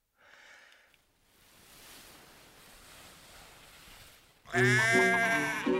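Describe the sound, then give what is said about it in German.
A sheep lets out a brief bleat, then after a stretch of soft rushing noise a second, much louder sheep bleats in a long, wavering, nasal cry, at a livestock show on a meadow. “Die Wiese füllte sich, die Viehschau begann. Schweine, Kühe, Kälber, Schafe, Pferde.”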